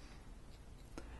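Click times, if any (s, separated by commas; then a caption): 1.0 s. The infinity lock on a collapsible vintage metal Leica 50mm camera lens focus mechanism engages as the lens is set to its infinity position. A single short, crisp click at 0.98 s stands out over faint steady background noise. The lock seats firmly, like a machine, with no play once locked.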